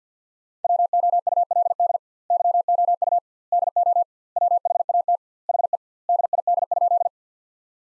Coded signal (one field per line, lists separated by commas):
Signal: Morse code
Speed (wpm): 50 wpm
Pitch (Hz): 700 Hz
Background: none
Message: WOULD YOU DO WHAT HE DID?